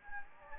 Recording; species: mosquito wingbeat signal from an infrared sensor; Anopheles gambiae